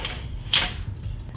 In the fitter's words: and you're going to want to pull it out all the way until you hear this clicking sound